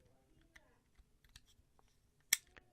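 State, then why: Seated. The plastic half of a Honda key remote case is hooked at one end into the other half and pressed together. Faint ticks and handling noises lead up to one loud, sharp snap at 2.3 s, when the shell seats closed. Someone talks around it.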